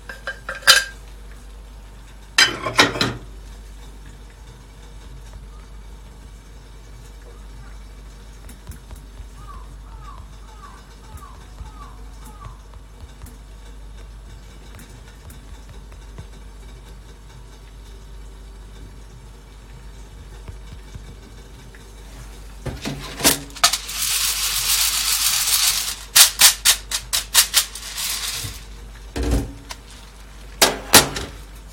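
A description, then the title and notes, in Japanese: Green coffee beans roast against a low, steady hum. A few sharp clicks and pops come early, and a faint run of light chirps appears near the middle. From about 23 seconds, a dense burst of crackling and hiss arrives with rapid snapping pops. 今朝は”キリマンジャロブレンド”生豆を焙煎。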